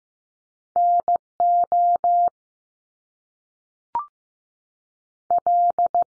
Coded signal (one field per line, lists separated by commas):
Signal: Morse code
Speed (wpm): 15 wpm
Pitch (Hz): 700 Hz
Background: none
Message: N O L